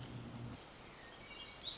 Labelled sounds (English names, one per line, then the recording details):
Black-throated Gray Warbler
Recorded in Sonoma County, California